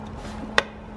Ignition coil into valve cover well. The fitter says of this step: you will hear a click once you pushing it just